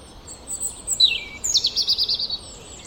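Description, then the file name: European robin song: a high, thin phrase sliding downward, then a quick shimmering trill of sharp notes, with a faint background hiss. "Erithacus rubecula"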